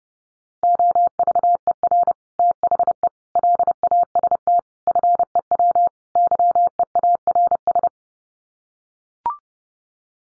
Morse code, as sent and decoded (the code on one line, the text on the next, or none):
--- ...- . .-. / - .... . / .-.. .- ... - / ..-. . .-- / -.-- . .- .-. ...
OVER THE LAST FEW YEARS